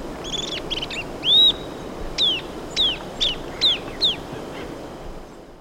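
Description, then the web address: Southern beardless-tyrannulet song: an arched whistled note followed by about five clear whistled notes, each sliding downward, repeated at roughly half-second intervals, preceded by soft chattering notes. Recorded in Ecuador. "Birds of Ecuador. Southern Beardless-Tyrannulet"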